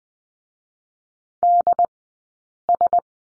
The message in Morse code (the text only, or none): DS